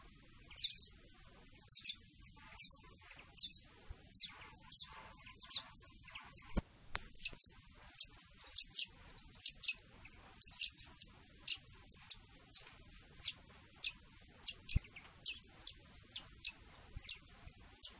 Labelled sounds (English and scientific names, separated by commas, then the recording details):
Common Linnet (Linaria cannabina) begging call
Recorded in the wild
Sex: diverse
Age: juvenile
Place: Erlangen, Bayern, DE
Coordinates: 49.5731, 10.9828
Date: 1962-07-01
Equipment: Original, Vollspur
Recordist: Tretzel, Erwin
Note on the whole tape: Bruck (1962): Hänfling: Jungenlaute im Nest